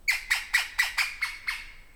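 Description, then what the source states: P. pallescens calling, a rapid series of seven harsh, scratchy notes about a quarter second apart, each fading slightly, the run growing softer toward the end. Recorded 15 September 2018 at 09:00.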